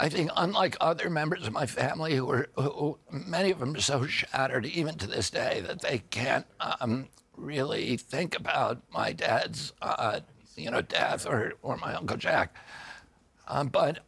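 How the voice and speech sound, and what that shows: Adult male speaker with spasmodic dysphonia, a neurological disorder that began at age 42 after an injury in 1996, with the vocal cords signalled to tighten up all the time. Gravelly, rough voice in connected speech. Surgery in Kyoto about 8 months earlier made the voice more reliable, and it grows stronger, not weaker, with use.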